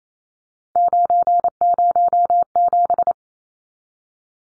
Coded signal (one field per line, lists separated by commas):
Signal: Morse code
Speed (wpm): 28 wpm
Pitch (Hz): 700 Hz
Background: none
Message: 907